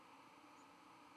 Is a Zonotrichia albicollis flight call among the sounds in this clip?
no